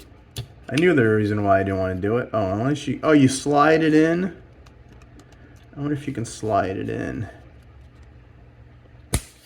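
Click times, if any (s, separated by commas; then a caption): 9.1 s. Someone talks while sliding the removed ball-jointed head of a plastic transforming robot action figure (Transformers Legacy Evolution Junkion Crashbar Deluxe) back onto its ball-joint neck socket, with a few faint handling ticks in between. A single sharp snap at 9.1 s marks the head seating back in place.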